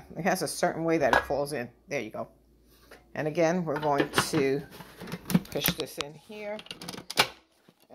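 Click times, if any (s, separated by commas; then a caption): 7.1 s. A slicing/grating blade disc is pushed onto the stem of a Cuisinart DLC 10C food processor while someone talks. At 7.1 s a sharp click is heard as the disc snaps into place and seats.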